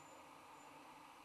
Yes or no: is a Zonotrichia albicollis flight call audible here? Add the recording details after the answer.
no. No flight call is heard. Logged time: 10:52 on 21 December 2014